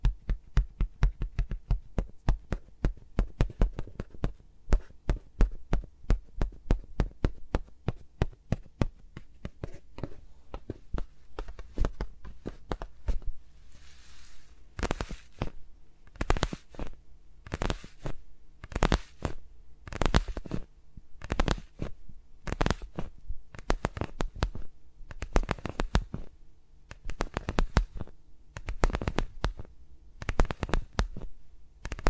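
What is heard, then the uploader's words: Fingers move around the microphones, making quick sharp taps and clicks that come densely for the first thirteen seconds. Around fifteen seconds a brief soft rustle passes, then the taps turn slower and more evenly spaced, each a crisp thump, over a low steady hum. ASMR with Mics Around My Fingers (No Talking).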